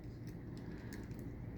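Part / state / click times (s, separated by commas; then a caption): plastic model kit part into the robot body / not seated / none. A plastic part of a 1/300 scale model kit robot is plugged into the combined dinosaur body while transforming it to robot mode. Low steady handling noise is heard, with a brief faint tick near 0.9 s. The part seems to go in, but nothing has clicked into place.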